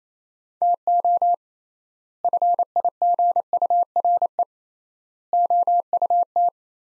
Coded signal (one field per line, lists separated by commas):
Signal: Morse code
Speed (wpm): 27 wpm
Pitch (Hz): 700 Hz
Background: none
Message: TO FIGURE OUT